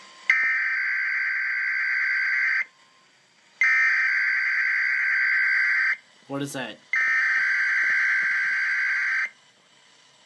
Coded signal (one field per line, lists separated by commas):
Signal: Emergency Alert System (SAME) tones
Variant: header bursts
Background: speech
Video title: EAS 155 KEC74 RWT